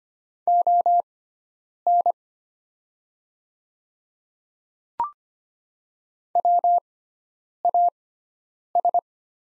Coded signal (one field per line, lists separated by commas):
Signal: Morse code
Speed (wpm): 25 wpm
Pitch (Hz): 700 Hz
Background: none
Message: ON WAS